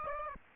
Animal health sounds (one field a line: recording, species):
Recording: mosquito wingbeat signal from an infrared sensor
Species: Aedes aegypti